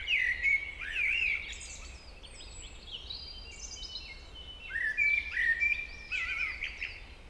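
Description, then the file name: Common blackbird delivering rich fluted warbles at the start and again near five seconds, with high squeaky twittering in between. "Turdus merula"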